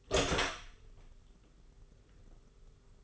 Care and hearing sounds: daily activity, microphone in the room; open door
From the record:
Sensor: 4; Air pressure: 991.3 hPa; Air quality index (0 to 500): 134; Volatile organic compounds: 47 ppm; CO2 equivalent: 3259 ppm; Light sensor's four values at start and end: 9/22/8/9 and 15/36/14/16

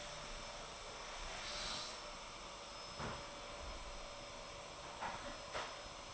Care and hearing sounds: daily activity, microphone in the room; vacuum cleaning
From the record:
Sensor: 5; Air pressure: 988.8 hPa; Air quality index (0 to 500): 236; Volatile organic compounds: 200 ppm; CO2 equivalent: 4213 ppm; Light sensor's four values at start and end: 40/125/48/51 and 40/125/48/51

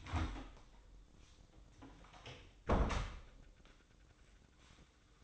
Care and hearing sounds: daily activity, microphone in the room; close door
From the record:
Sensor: 3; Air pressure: 1012.3 hPa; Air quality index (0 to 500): 174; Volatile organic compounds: 3 ppm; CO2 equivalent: 1334 ppm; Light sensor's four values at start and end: 581/1444/597/611 and 586/1456/602/617

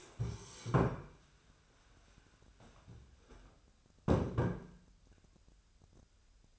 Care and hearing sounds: daily activity, microphone in the room; stand up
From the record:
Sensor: 2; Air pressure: 1015.1 hPa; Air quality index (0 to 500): 172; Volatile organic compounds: 10 ppm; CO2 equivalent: 2240 ppm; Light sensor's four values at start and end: 12/33/13/14 and 12/33/13/14

